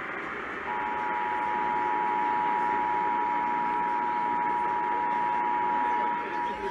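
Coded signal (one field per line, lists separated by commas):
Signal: Emergency Alert System (SAME) tones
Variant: 853 and 960 Hz attention tone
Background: speech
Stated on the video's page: Failed San Diego Required Monthly Test, decoded as a Practice/Demo Warning.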